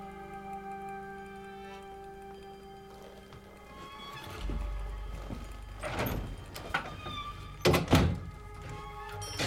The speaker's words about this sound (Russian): Джордж поворачивается к ней спиной. Джулиан открывает ему дверь. У выхода Джордж оборачивается.